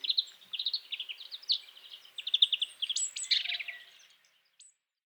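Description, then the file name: European greenfinch song, about four seconds of quick chirps and rattling trills, then quiet. "Chloris chloris"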